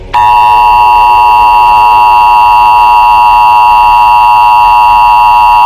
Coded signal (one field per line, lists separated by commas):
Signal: Emergency Alert System (SAME) tones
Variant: 853 and 960 Hz attention tone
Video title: EAS Mock - Normal day in Texas (for @andrewdonnell4093)